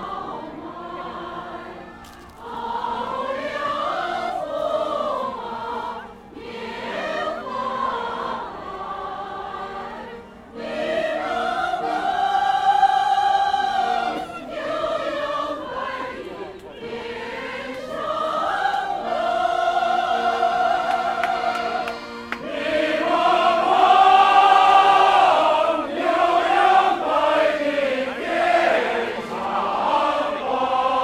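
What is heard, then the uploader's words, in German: A crowd of people sings together in a park in Beijing, voices gliding up and down in long, sustained melodic lines. Short breaths separate the phrases every few seconds, and the singing stays full and steady throughout, with nothing else standing out. In Beijing, Leute treffen sich jeden Tag im Park zu singen. Sie gehen spontan von Gruppe zur Gruppe um was zusammen zu singen.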